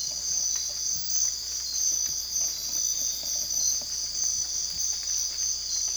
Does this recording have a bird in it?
no